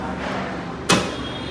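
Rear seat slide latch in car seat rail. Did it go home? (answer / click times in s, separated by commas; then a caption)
yes / 0.9 s. The rear seat of a 2025 Maruti Suzuki e Vitara electric SUV is slid forward and back on its rails until the adjustment latch engages. A sharp click is heard at 0.9 s over a steady background hum, and the seat locks in position. Someone talks.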